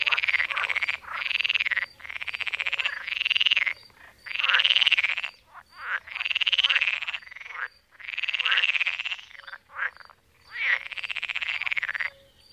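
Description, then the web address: Pool frog calling: a steady sequence of loud pulsed rattling croaks, each roughly half a second to a second, coming in quick succession with brief gaps. "Fotoim Hangok Pelophylax lessonae"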